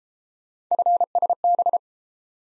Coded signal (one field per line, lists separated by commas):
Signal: Morse code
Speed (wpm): 31 wpm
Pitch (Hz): 700 Hz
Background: none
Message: FSB